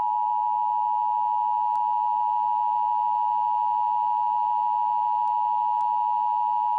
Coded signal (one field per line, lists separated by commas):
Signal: Emergency Alert System (SAME) tones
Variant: 853 and 960 Hz attention tone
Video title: EAS Scenario #18: Mickey Error XIV The Revive Of Minnie Error